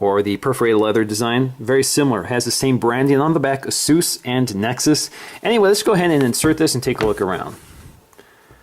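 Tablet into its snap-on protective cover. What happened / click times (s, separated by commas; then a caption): The tablet is being fitted into its case but has not snapped in yet / none. Someone talks while getting ready to push a 7-inch Google Nexus 7 tablet into its plastic and leather snap-on back cover, which has a perforated leather design and Asus and Nexus branding on the back. Near the end, as the room goes quiet, two faint short ticks are heard at about 8.1 and 8.2 seconds. Nothing has seated or clicked into place yet.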